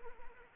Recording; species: mosquito wingbeat signal from an infrared sensor; Anopheles arabiensis